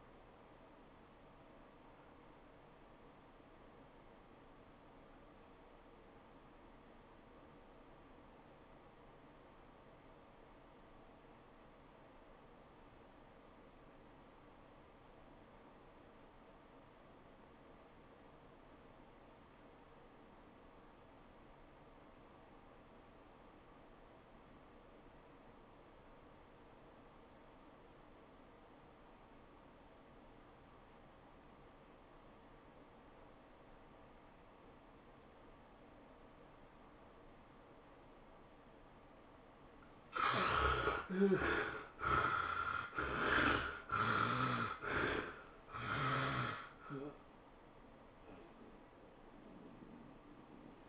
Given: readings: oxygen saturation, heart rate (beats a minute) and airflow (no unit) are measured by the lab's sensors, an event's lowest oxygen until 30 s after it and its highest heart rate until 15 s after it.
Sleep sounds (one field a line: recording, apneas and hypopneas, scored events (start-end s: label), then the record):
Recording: breathing in sleep by a voice recorder at the bedside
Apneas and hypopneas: 1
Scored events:
4.00-42.30 s: obstructive apnea (REM, oxygen 92% highest, then 55% lowest, heart rate 93 at the start, 115 highest)
From the record:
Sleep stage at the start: REM sleep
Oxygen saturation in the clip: 60 to 92%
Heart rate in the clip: 61 to 115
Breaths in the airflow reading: 7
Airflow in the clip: -16.2 to 9.7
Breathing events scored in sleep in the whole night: 403 in 5.5 hours asleep